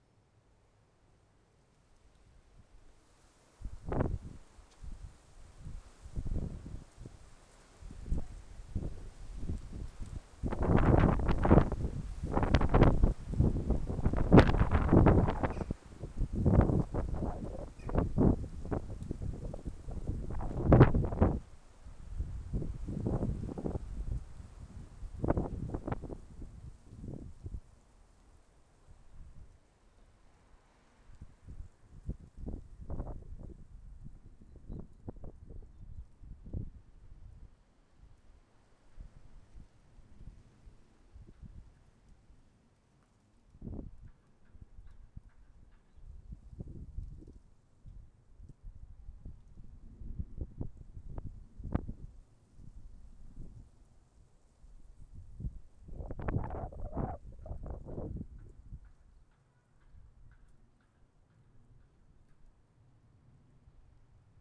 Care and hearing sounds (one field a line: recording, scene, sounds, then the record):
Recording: everyday scene through a hearing-aid microphone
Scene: wind on the microphone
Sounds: wind, traffic, birds, plane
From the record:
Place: suburban garden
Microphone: behind the ear, left, front